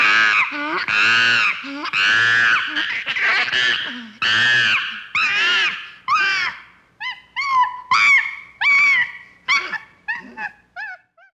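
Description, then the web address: Chimpanzee screaming, loud harsh drawn-out shrieks at first, then quicker, thinner squeals that trail off. "chimpanzee screeches"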